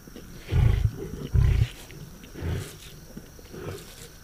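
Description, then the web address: Lion roar: two loud, deep grunts close together, then softer low grunts trailing off at uneven intervals. "big cats|lions"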